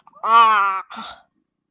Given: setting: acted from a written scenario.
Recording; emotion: vocal sound without words; disgust